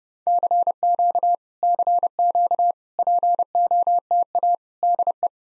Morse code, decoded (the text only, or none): CQ CQ POTA DE